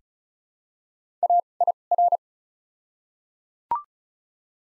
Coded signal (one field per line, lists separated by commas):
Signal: Morse code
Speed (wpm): 36 wpm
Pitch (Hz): 700 Hz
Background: none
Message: A I R